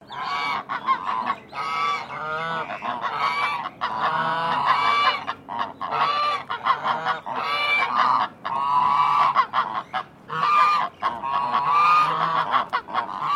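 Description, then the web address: Chinese goose giving loud nasal honks, a continuous noisy chorus of overlapping calls with brief gaps, apparently several birds calling at once. "Sound Effects-Foundation 1 BIRD GEESE CHINESE HONK"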